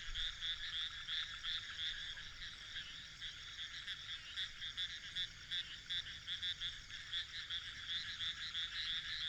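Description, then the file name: Frogs calling in a dense chorus of high, rapid pulsing notes over steady background noise. "grenouilles"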